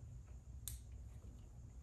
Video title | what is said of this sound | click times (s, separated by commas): Custom K Swap Universal Adapter Harness | clicked into place very good | 0.7 s